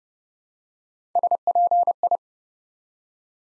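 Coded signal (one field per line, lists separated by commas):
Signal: Morse code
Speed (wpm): 30 wpm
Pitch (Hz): 700 Hz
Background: none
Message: SPI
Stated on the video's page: Morse practice at 30 wpm, building 5-letter words one letter at a time for beginners working on instant character recognition.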